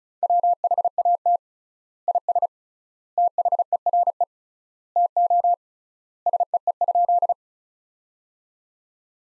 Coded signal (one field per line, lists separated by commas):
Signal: Morse code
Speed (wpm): 36 wpm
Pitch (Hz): 700 Hz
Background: none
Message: WHAT IS THERE TO SEE?